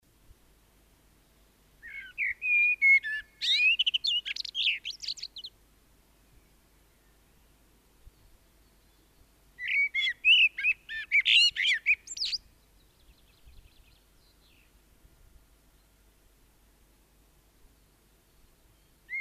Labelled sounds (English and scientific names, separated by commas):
Common Blackbird (Turdus merula) song